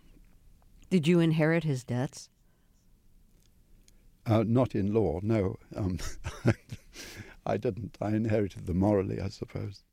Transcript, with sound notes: Did you inherit his debts?
Not in law, no. (Laughter) I didn't. I inherited them morally, I suppose.